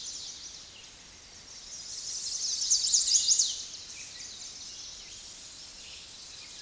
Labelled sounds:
Chestnut-sided Warbler (Setophaga pensylvanica) song

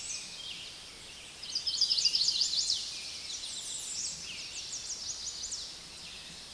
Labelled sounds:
Chestnut-sided Warbler (Setophaga pensylvanica) song

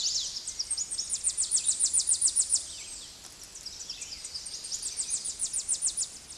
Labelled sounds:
Tennessee Warbler (Leiothlypis peregrina) song

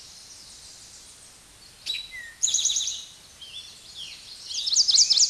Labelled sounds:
Eastern Towhee (Pipilo erythrophthalmus) song

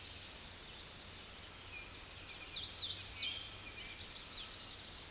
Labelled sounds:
Hooded Warbler (Setophaga citrina) song

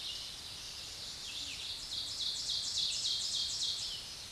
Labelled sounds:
Ovenbird (Seiurus aurocapilla) song

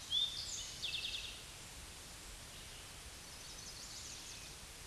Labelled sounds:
Eastern Towhee (Pipilo erythrophthalmus) song

